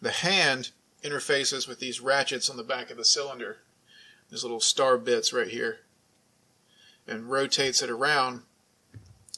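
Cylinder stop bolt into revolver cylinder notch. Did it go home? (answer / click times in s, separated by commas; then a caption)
yes / 9.3 s. Someone talks while cycling the action of a Taurus double-action revolver, where the hand engages the ratchet star on the back of the cylinder and rotates it until the cylinder stop bolt drops into its notch. After the talking, faint handling noises lead to two sharp clicks at 9.3 s and 9.3 s. The bolt seats, and the gun is locked up and indexed with the chamber directly behind the forcing cone and barrel.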